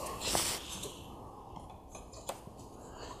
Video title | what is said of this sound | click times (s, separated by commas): GTD Grille Install on a MK7 GTI (Lighting Package Grille) | and all you do is snap that in place make sure that you hear the tabs latch in | 1.9 s, 2.3 s